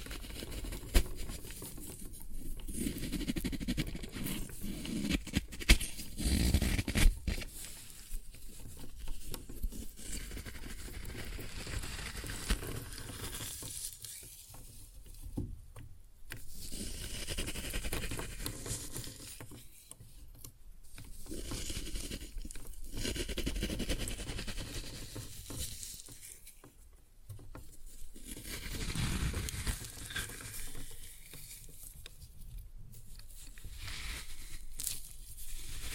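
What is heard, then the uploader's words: Floral foam being crushed, a dense crackling and crumbling that swells and eases in waves every few seconds. Fine gritty patter runs throughout, with brief sharp snaps near the start and quieter pauses around 15, 20 and 27 seconds. Floral Foam Glitter Bomb Crushing.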